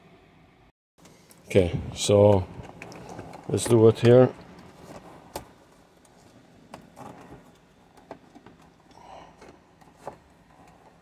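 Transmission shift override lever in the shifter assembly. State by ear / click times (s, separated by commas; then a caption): not seated / none. With the battery dead on a Ford Explorer, someone talks briefly, then handles the transmission shift override lever in the shifter assembly through the manual override access, producing a few faint, sharp handling ticks. The lever has not clicked into its locked position yet, so the transmission is not yet locked in neutral.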